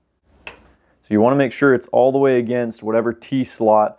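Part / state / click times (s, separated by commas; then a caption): scope mount recoil lug into rifle rail T-slot / seated / 0.5 s. A one-piece scope mount is slid as far forward as it goes on a rifle's rail, and its metal recoil lug gives a single sharp click at 0.5 s as it stops against the front of the T-slot. Someone then talks. The mount is seated fully forward so that any slight movement under recoil after zeroing is no concern.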